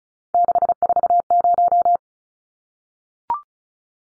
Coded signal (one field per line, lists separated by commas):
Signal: Morse code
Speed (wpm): 34 wpm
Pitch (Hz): 700 Hz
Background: none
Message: 640